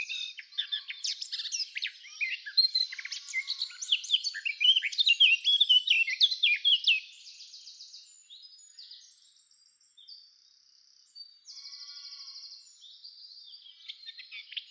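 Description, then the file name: Eurasian blackcap song, a busy high warble of twittering notes, followed by quieter buzzy trills and faint thin chirps. "Sylvia atricapilla"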